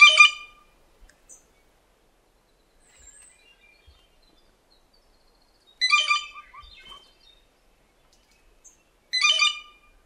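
Blue jay giving three loud, harsh, raspy calls, one at the start, another near six seconds and a third near nine seconds, with quiet gaps between.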